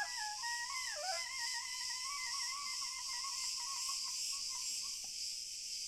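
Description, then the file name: Cricket chorus as a steady, shimmering high-pitched hiss throughout, with a few whistled tonal notes sliding up and down in the first half. A distant chorus of crickets. "Grillen Chor Cl Fern"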